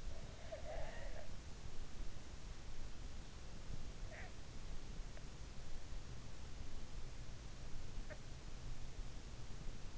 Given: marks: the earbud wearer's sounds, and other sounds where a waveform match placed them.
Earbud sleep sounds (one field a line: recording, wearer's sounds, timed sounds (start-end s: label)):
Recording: sounds in sleep by an in-ear microphone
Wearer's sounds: breath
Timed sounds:
0.00-1.44 s: breath